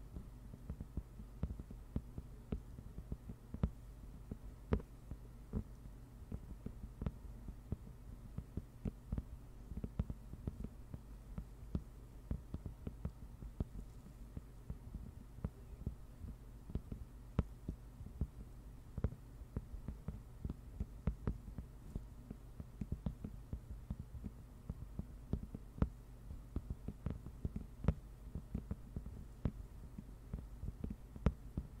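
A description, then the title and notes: Slow, rain-like tapping: soft, irregular clicks fall a few times each second, never settling into a steady beat. A low, even hum runs underneath the whole time, with a faint throbbing quality, and the taps stay light and dull rather than bright. ASMR NO TALKING slow rain-like Tapping.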